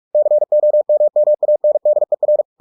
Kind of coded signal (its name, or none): Morse code